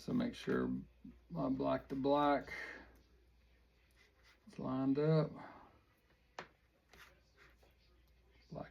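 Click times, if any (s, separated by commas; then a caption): 6.4 s. A small two-wire plastic LED light connector is lined up black to black and red to red and pushed into its mating plug inside a foam FMS 70mm A-10 RC airplane while someone talks. A sharp click at 6.4 s marks the connector seating fully.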